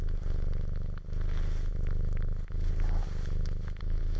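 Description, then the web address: Cat's continuous low purr, dipping with each breath, overlaid with quick smacking suckling clicks. Cat purring while suckling. "cat purring and suckling"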